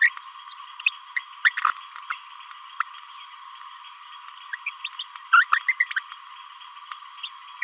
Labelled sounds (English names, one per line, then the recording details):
Green-rumped Parrotlet babbling
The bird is a female
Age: 31 days
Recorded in a nest box in Venezuela
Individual 17B42A2